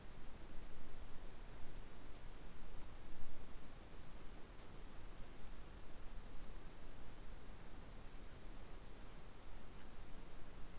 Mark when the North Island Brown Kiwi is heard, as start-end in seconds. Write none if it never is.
none